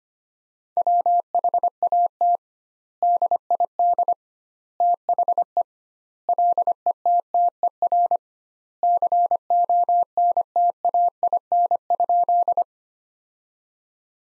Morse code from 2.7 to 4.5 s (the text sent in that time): DID